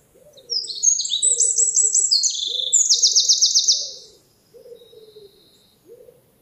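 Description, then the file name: Eurasian wren song, an energetic run of piercing high trills and buzzy rattles lasting over three seconds, with soft low notes repeating underneath and after. "Troglodytes troglodytes"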